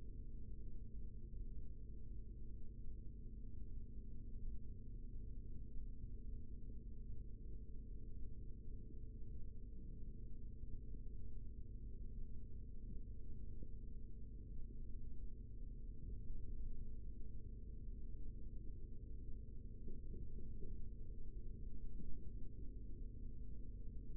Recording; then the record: forearm muscle sounds (acoustic myography)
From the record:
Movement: rest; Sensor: system 3, bracelet of six PUI Audio POM-2738L microphones around the upper forearm, with dedicated amplification and filtering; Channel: 3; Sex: male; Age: 56 years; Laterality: right